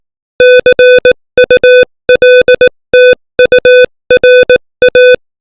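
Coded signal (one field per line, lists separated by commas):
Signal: Morse code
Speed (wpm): 18 wpm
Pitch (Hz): 500 Hz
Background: music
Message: CULTURA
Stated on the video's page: Morse code lesson text sent at 18 wpm.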